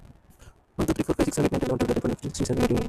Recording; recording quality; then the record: counting at a fast pace; moderate, slight background noise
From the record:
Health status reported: healthy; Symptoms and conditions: none ticked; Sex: male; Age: 25 years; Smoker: not ticked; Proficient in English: yes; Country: India